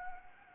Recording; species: mosquito wingbeat signal from an infrared sensor; Anopheles gambiae